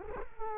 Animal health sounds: mosquito wingbeat signal from an infrared sensor; Culex quinquefasciatus

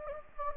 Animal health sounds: mosquito wingbeat signal from an infrared sensor; Anopheles gambiae

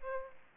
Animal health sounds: mosquito wingbeat signal from an infrared sensor; Aedes aegypti

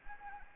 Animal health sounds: mosquito wingbeat signal from an infrared sensor; Anopheles arabiensis

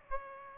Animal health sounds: mosquito wingbeat signal from an infrared sensor; Aedes aegypti

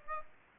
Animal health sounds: mosquito wingbeat signal from an infrared sensor; Aedes aegypti

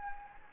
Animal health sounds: mosquito wingbeat signal from an infrared sensor; Anopheles gambiae

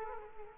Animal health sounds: mosquito wingbeat signal from an infrared sensor; Culex quinquefasciatus

